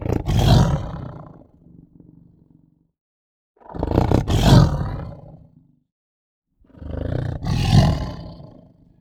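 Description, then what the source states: Tiger growls: three deep, rough, rumbling growls, each swelling and fading over a couple of seconds, separated by short silences. Tense growl.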